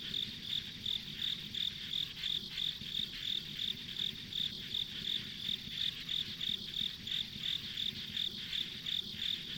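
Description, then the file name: Insect calling with regular high-pitched pulses near three per second, amid a dense ongoing chorus of insects. Ambient insect sounds recorded along a rural country road. "田舎道の虫の環境音"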